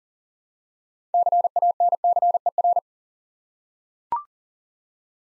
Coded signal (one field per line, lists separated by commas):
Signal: Morse code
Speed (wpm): 39 wpm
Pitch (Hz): 700 Hz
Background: none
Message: CANCER